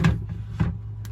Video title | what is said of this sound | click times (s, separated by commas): "Big" Shuttle Bus Build Part 5 Bathroom/composting toilet | little hard to do with one hand, but there we go. There we go. Snap, snap. | 0.1 s, 1.1 s